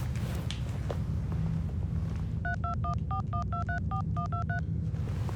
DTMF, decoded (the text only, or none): 32141234123